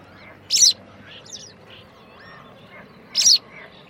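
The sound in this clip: White wagtail call: two brief, harsh, high notes under three seconds apart, with faint softer bird sounds between them and low background noise.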